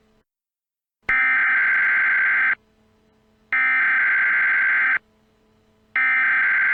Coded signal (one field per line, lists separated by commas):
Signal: Emergency Alert System (SAME) tones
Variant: header bursts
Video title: EAS Scenario: DONT SPEAK.|Part 4|ⶴ፱ጮልክጎፕሃ ሠጎረረ ጋጎቹ